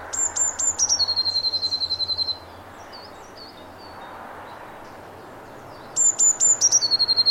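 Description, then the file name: Eurasian blue tit giving two songs, each a run of high notes dropping into a fast steady trill, with a quiet gap of faint chirps between them. "Cyanistes caeruleus"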